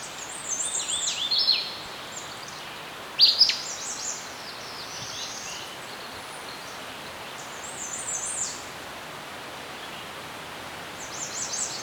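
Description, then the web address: Birds chirping: scattered high, thin chirps and trills rise above a steady hiss of background noise, with one sharper burst early on. Birds chirping in a serene forest. "Dr Sound Effects. Birds Chirping In a Serene Forest"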